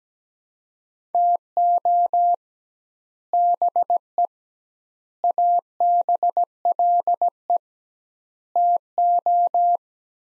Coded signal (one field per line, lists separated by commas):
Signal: Morse code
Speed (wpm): 17 wpm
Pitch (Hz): 700 Hz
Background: none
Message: TO BE ABLE TO